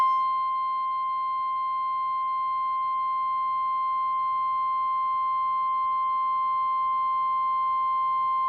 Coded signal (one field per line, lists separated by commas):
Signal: Emergency Alert System (SAME) tones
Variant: 1050 Hz attention tone